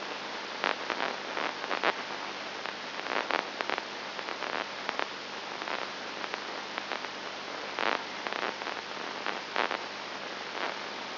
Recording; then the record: brain microelectrode recording played as sound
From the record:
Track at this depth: inside the subthalamic nucleus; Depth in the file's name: 1.904 mm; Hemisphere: left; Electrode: 2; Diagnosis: Parkinson's disease